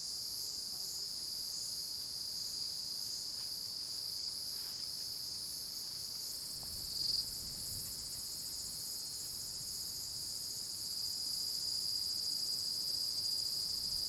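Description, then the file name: Cicada chorus, an even shrill drone with a quick throbbing in its upper part; a brief soft thump midway. Loud, strident chorus. "Coro de cigarras estridente, depois começa a ventar nas arvores"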